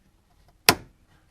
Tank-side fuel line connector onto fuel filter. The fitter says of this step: le ver le filtre on entend normalement clic aussi voilà